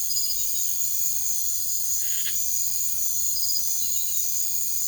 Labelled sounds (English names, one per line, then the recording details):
none
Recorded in secondary vegetation near Puerto Asís, Putumayo, Colombia, on 21 March 2025 at 02:00
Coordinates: 0.489, -76.322
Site G042